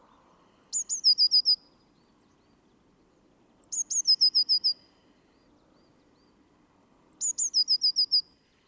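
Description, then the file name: Eurasian blue tit singing three phrases about three seconds apart, each a thin high note dropping into a quick trill of five or six bright notes, over quiet low hum. "Cyanistes caeruleus"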